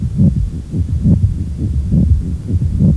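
Repeated scratchy, grating low-pitched bursts with each heartbeat, a pericardial friction rub from an inflamed pericardium, heard over an adult heart with a stethoscope.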